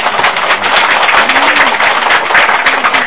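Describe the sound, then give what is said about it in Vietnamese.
A crowd at a Buddhist lecture breaks into steady applause for a young man's correct answer, many hands clapping in a dense, loud patter that holds evenly for a few seconds without any voices rising above it. “Còn Đức Phật là không có sáng tạo chân lý, mà Đức Phật là người à, đúng, cái từ đó rất giỏi, cho anh chàng pháo tay.”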